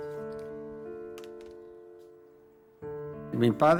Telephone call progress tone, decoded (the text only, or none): dial tone